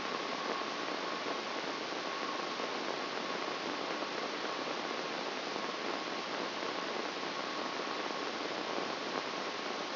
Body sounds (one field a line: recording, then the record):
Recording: brain microelectrode recording played as sound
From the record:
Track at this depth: outside the subthalamic nucleus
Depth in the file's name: 1.578 mm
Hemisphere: left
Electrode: 3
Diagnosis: Parkinson's disease